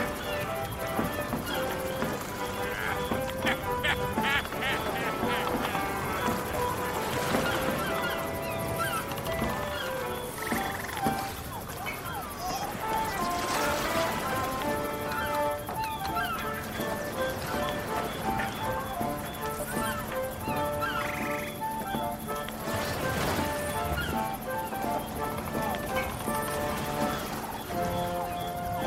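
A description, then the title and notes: A busy tavern hums with overlapping voices, clinking and bright tonal bits, steady and dense throughout, with occasional louder bursts and knocks. Pirate tavern. Island village ambience.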